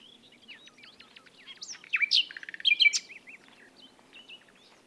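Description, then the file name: Common nightingale song: soft ticking notes leading into a loud sweeping whistle and quick rattling bursts, then fading into quieter chirps. "Luscinia megarhynchos"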